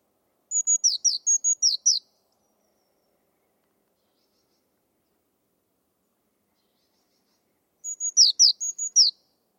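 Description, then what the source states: Bird song: two separate bursts of high, thin whistles and falling chirps, each about a second and a half long, with a long silence between. Bird-only audio from a 2025 bird dataset.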